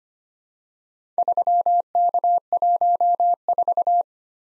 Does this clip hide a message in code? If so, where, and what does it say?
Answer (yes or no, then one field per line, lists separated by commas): yes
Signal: Morse code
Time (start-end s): 1.2-4.0 s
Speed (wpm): 25 wpm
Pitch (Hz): 700 Hz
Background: none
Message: 3K14